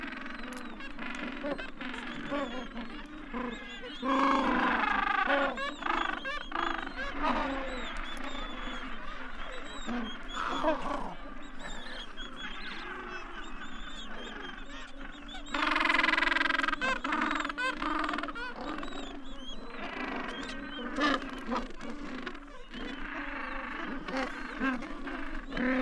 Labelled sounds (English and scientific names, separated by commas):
Gentoo Penguin (Pygoscelis papua) call